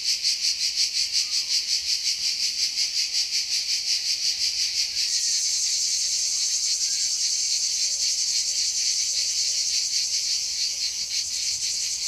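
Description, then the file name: Cicada buzzing song, pulsing rhythmically at first, then shifting after five seconds to a higher, smoother continuous drone, with faint whistled notes underneath. "CHANT CIGALE"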